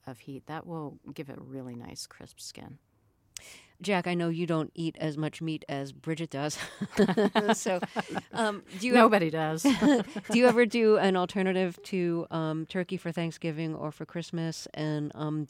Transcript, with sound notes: That will give it really nice, crisp skin.
Jack, I know you don't eat as much meat as Bridget does.
(LAUGHTER)
So do you...
Nobody does.
Do you ever do an alternative to turkey for Thanksgiving or for Christmas,